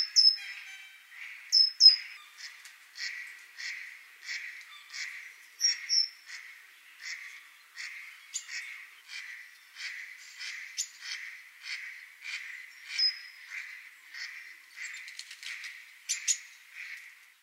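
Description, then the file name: Great tit repeating buzzy churring notes roughly every second for the whole stretch, with occasional thin high notes above. "Parus major"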